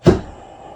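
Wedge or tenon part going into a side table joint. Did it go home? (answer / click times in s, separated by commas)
yes / 0.1 s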